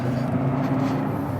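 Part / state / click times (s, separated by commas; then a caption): pivot latch of a hitch-mounted bike rack / not seated / none. The pivoting Kuat NV 2.0 hitch-mounted bike rack is being pushed back toward its upright position, with a steady low rumbling, vehicle-like noise throughout and no distinct sharp sounds. The clip ends before the rack's metal pivot latch locks, so nothing has seated or clicked yet.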